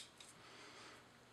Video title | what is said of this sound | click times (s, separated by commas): M4SD II Sound Suppressor Attachment and Detachment Demonstration | now you will be able to physically see and hear the Locking spring click over | 0.2 s